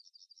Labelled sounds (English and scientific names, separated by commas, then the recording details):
Yellowhammer (Emberiza citrinella) song
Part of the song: start
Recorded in the Czech Republic on 27 June 2014
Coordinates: 49.861, 13.836
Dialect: XlB
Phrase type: C52
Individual h014